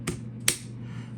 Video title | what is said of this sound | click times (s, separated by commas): How-To!! Disassemble and Reassemble The FS T15 11rd & 19rd FSR Magazines. | two detents on either side okay and it's going to snap into place when you guys do that | 0.1 s, 0.5 s